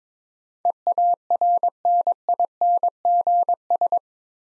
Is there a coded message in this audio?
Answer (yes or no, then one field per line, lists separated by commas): yes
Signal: Morse code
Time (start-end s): 0.7-4.0 s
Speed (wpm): 22 wpm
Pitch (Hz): 700 Hz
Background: none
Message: EARNINGS